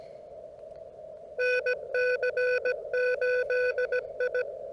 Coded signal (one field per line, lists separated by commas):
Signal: Morse code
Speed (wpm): 17 wpm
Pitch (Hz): 500 Hz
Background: none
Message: NC8I